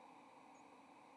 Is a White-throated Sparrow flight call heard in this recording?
no